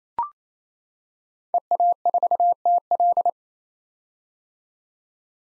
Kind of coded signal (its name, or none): Morse code